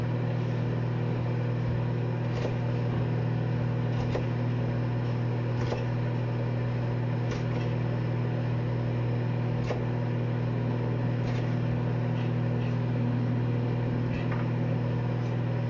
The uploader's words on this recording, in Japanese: 野菜を切る。カレーを作っている途中で野菜を切っている音。